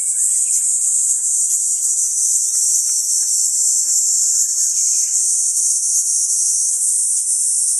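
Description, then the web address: Kaempfer cicada song, a continuous high shrill buzz held steady throughout. "ニイニイゼミ. arpla 自然音研究室"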